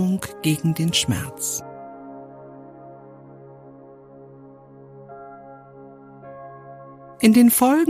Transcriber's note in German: weibliche Stimme